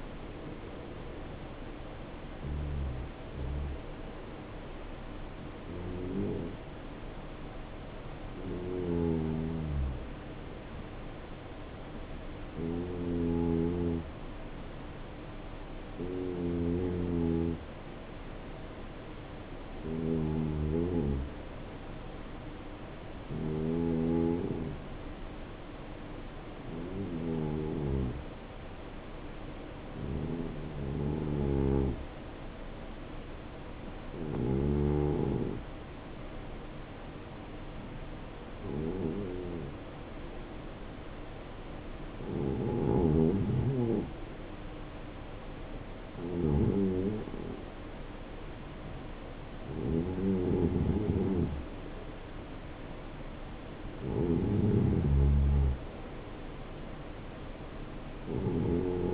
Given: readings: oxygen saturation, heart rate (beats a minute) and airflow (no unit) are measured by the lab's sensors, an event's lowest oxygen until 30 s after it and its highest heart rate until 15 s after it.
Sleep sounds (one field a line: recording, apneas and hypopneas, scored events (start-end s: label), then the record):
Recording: breathing in sleep by a voice recorder at the bedside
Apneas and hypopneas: 1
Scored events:
7.00-59.14 s: new sleep stage, N2 (light sleep)
16.00-52.90 s: hypopnea (N2, oxygen 93% highest, then 85% lowest, heart rate 70 at the start, 74 highest)
From the record:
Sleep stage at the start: N1 (lightest sleep)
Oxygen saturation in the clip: 85 to 93%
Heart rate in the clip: 64 to 74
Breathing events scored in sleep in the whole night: 277 in 7.4 hours asleep